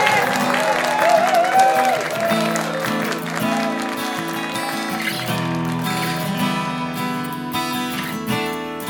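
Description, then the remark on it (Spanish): A crowd applauds and cheers on La Hora del Terrock Radio Show, a steady, dense wash of clapping, mixed with sustained musical tones that carry on underneath throughout. “¡Un aplauso, chicos!”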